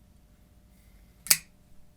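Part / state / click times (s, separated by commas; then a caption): knife blade into handle lock/detent / seated / 1.3 s. The blade of a CJRB Feldspar Small folding knife with G10 handle scales is flicked or pushed past its detent and snaps into its lock with a single sharp, bright click at 1.3 s. Near-silence comes before and after the click. The blade is locked and seated.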